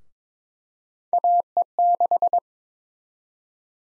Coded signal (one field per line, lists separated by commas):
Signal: Morse code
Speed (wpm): 21 wpm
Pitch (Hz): 700 Hz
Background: none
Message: AE6